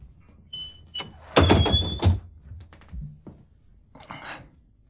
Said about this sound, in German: Kommen Sie herein. Und machen Sie die Tür zu.